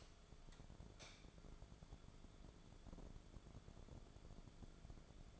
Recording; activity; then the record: daily activity, microphone in the room; light on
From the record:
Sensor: 5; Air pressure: 1010.4 hPa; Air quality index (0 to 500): 118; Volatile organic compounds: 2 ppm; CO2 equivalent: 1168 ppm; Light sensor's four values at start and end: 497/1274/527/592 and 501/1284/531/597